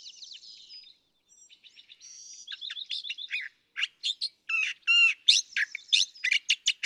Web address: birdsongforthecurious California Thrasher